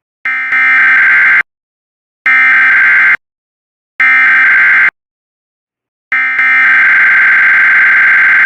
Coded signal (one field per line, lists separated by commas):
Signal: Emergency Alert System (SAME) tones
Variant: header bursts